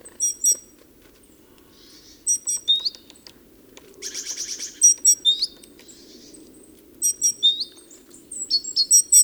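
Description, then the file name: Great tit calls: clusters of sharp ticks and upward-hooked chirps in short bursts separated by quiet gaps, with a brief buzzy rasp near the middle. "Parus major"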